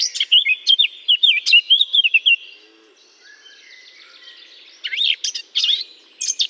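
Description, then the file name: Eurasian blackcap delivers a loud run of whistled notes, a quieter pause, then brief loud, varied bursts. Singing from within a holly bush. "chant de fauvette a tete noire dans houx"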